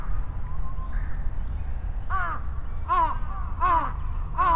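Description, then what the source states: Crows giving four harsh, downslurred caws in quick succession after a quieter start, with a steady low traffic rumble underneath. Crows calling and responding to each other, Sunday at noon, Ichimiyake, Yasu City, Shiga Prefecture, Japan; vehicle rumble; Sony PCM-M10, omnidirectional mics on bicycle handlebar bag.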